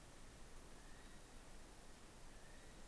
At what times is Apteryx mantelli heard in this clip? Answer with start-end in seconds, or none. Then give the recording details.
0.00-2.87. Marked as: faintness 3/5. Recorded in New Zealand on 11 December 2011. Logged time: 00:43. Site DD66